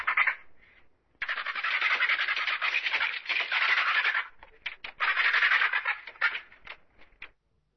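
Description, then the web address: Cape vulture giving harsh, rasping hisses and cackles in long bursts broken by brief pauses, ending in scattered short rasps. "Vulture"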